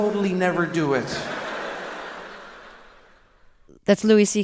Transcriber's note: soundbite of laughter